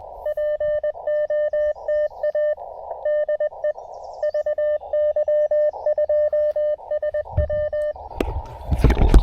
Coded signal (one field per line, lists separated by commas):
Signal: Morse code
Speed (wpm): 21 wpm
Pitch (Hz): 590 Hz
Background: radio noise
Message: POTA DE VY2SW